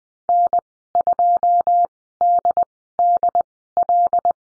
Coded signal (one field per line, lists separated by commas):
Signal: Morse code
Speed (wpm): 20 wpm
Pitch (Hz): 700 Hz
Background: none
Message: N2DDL